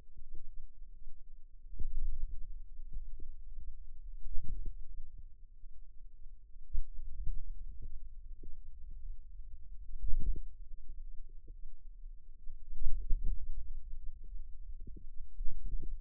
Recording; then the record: forearm muscle sounds (acoustic myography)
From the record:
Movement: hand closing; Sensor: system 2, bracelet of six BSWA MPA416 microphones around the upper forearm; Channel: 5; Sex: female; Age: 22 years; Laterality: right